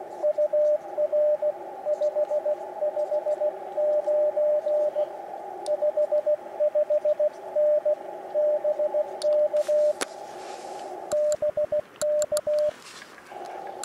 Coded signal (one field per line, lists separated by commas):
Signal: Morse code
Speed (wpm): 16 wpm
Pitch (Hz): 600 Hz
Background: radio noise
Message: UR 559 55N BK BK